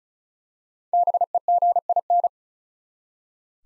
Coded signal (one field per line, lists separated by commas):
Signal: Morse code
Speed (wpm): 36 wpm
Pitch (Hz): 700 Hz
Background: none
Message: BEGIN